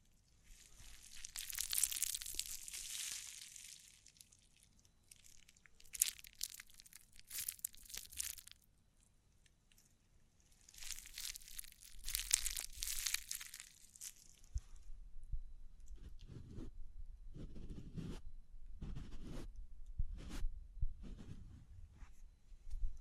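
Tapping, scratching and brushing sounds come in bursts with short quiet gaps. Bright, hissy brushing and crinkling swells around two, seven and twelve seconds, then from about fifteen seconds duller, lower taps and thumps repeat every second or so.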